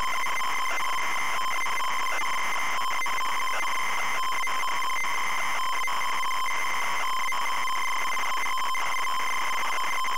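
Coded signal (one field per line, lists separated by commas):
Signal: ZX Spectrum tape loading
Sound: continuous harsh buzzy tone around 1 kHz with overtones, occasional short crackly interruptions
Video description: today we're loading the ZX Spectrum game, Angry Birds!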